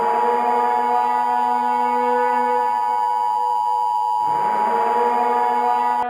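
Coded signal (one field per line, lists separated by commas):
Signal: Emergency Alert System (SAME) tones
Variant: 853 and 960 Hz attention tone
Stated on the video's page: Fictional dinosaur-attack scenario, not a real alert.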